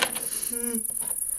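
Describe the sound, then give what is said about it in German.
A cricket bought from a pet shop and kept on a boat chirps in a steady, shrill, high-pitched trill that runs unbroken throughout, while a person's voice briefly speaks over it partway through. “Sag mal, wo hast denn du die blöde Grille her?”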